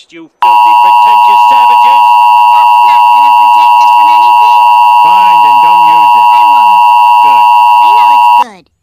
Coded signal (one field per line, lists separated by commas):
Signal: Emergency Alert System (SAME) tones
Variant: 853 and 960 Hz attention tone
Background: speech